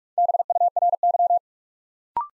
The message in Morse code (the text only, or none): BURY